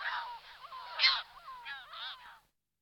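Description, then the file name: Audouin's gull calls, a short series of nasal, slightly wavering notes with one louder harsh cry in the middle, ending after about two and a half seconds. "Racek Audouinuv Larus audouinii"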